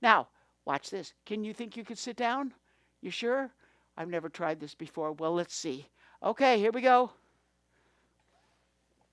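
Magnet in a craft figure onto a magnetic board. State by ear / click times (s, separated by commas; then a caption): not seated / none. A craft figure with magnets in its feet is handled as it is moved from standing toward sitting on a board with embedded magnets. Someone talks until about 7.1 s, then the clip goes quiet. Nothing has snapped into place or seated yet.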